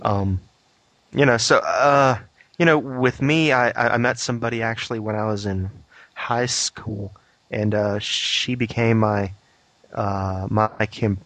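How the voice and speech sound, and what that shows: Adult male speech with a repeated, glottally caught 'I-I-I' and drawn-out fillers, consistent with mild stuttering.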